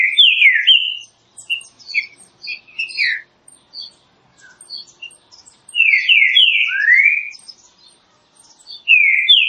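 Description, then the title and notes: Green-winged saltator song: clear whistled phrases of several gliding notes, with scattered thin high chirps in between. Classic song style (canto clássico) of the green-winged saltator, offered as training material. "Canto Clássico Trinca Ferro TREINAMENTO. trinca fero"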